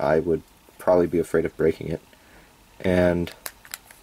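Someone talks while the plastic cap of a disposable fountain pen is pushed onto the pen; the cap slides on rather than snapping. A few short, sharp contact ticks come near the end, around 3.7 s and 3.9 s, but nothing has seated yet.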